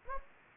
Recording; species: mosquito wingbeat signal from an infrared sensor; Anopheles gambiae